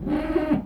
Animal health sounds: contact call of a hoofed animal; goat; low-frequency (closed-mouth) or high-frequency (open-mouth) call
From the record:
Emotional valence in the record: negative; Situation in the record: food frustration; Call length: 0.66 s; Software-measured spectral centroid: 1140 Hz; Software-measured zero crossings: 840 a second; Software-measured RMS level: -24 dBFS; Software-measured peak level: -10 dBFS

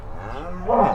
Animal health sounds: contact call of a hoofed animal; cattle; low-frequency (closed-mouth) or high-frequency (open-mouth) call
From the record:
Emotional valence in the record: negative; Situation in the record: full separation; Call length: 0.95 s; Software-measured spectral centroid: 960 Hz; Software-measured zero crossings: 1000 a second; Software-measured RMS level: -22 dBFS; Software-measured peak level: -6 dBFS

